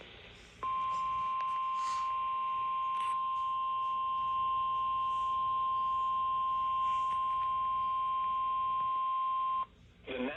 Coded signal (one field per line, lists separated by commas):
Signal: Emergency Alert System (SAME) tones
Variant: 1050 Hz attention tone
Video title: EAS Severe Thunderstorm Watch #261 5/22/22 EAS #208